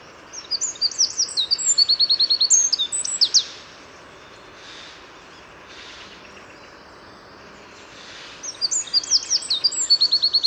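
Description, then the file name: Eurasian wren delivering two bursts of high rapid trilling song, separated by several seconds of near quiet with faint background noise. "Troglodytes troglodytes"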